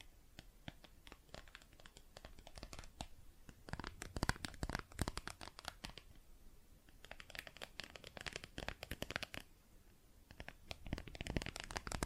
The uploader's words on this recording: ASMR Plastic Objects Tapping and Scratching (No Talking).